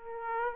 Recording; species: mosquito wingbeat signal from an infrared sensor; Aedes aegypti